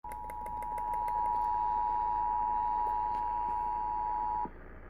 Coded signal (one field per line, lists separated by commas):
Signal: Emergency Alert System (SAME) tones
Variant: 853 and 960 Hz attention tone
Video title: Eas rmt on KTRH 740am and KUHT 8.3 Eas#1019- 1020